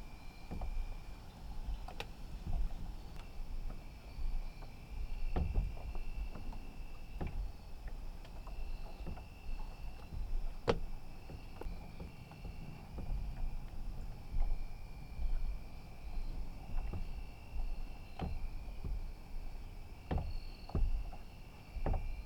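Water touches gently against a small dock at night, a soft low wash running steadily underneath. Light slaps and wooden knocks come irregularly, every second or two, while a thin, steady high whine holds faintly in the background throughout.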